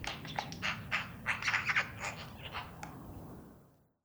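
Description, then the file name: Eurasian magpie giving harsh rasping chatter, a quick run of rough notes, fading out before the end. "Pica pica"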